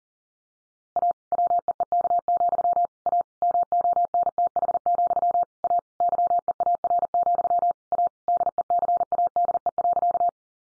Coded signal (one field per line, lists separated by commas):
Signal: Morse code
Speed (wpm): 40 wpm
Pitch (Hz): 700 Hz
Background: none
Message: A WEEK, A MONTH, A YEAR, A DECADE.